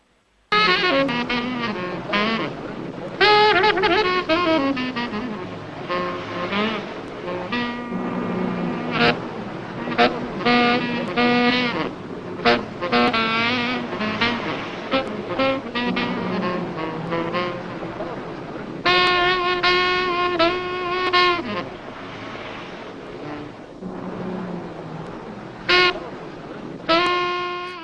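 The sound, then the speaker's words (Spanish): In a scene from a 1959 film about jazz, a saxophone plays a steady run of buzzy, sustained notes and short phrases, with brief pauses between them, over a continuous low rumble of car engine noise. “Pues estamos escuchando una secuencia de esta película con sonido de fondo, de la coche, más el saxo.”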